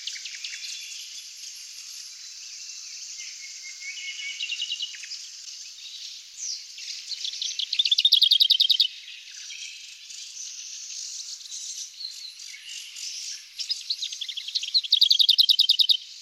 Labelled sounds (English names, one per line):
Lesser Whitethroat song